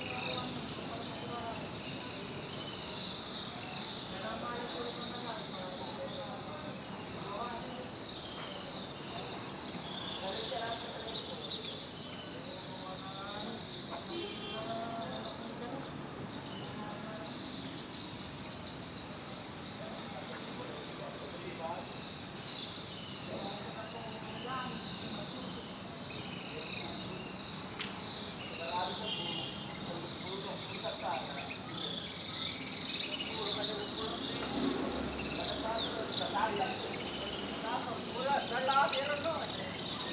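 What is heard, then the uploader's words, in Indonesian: Swiftlets nesting under a concrete bridge chatter without pause, a dense bright band of high twittering running the full forty seconds. Scattered clicks and short calls flicker through it, with a low murmur of voices and background hum beneath. Kolong Walet. Suara dari anggota keluarga Burung Walet yang bersarang di sudut-sudut beton bawah Jembatan Pasar Sentral Pangkajene. Mereka terbang mengelilingi jembatan.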